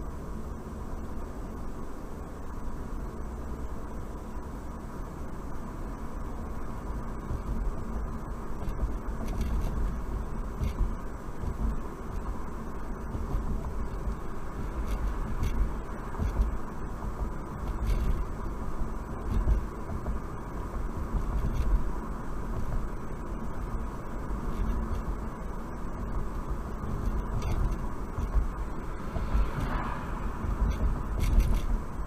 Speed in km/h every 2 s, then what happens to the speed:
48, 52, 55, 55, 56, 56, 58, 58, 60, 60, 61, 61, 61, 61, 61, 61.
0-7 speeds up to 56. 7-32 steady at about 60.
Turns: none.